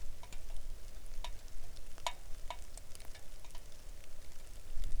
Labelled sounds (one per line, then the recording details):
rain
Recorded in the Arctic National Wildlife Refuge, Alaska, on 3 August 2019 at 09:43
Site 41